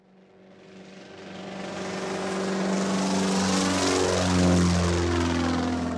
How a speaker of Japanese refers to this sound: 飛行機に乗って飛ぼう。Fly the plane.